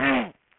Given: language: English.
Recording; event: throat vibration sensor signal played as sound; throat clearing